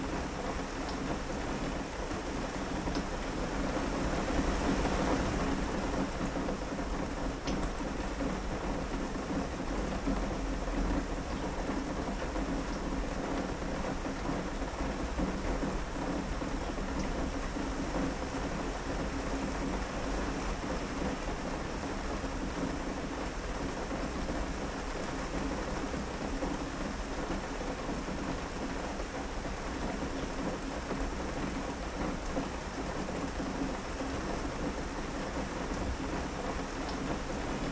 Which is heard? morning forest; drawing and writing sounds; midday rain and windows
midday rain and windows